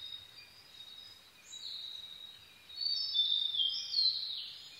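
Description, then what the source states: Blue-and-white flycatcher song: a thin sustained whistle, then a louder warbled phrase. Recorded 22 May 2011 at 04:34.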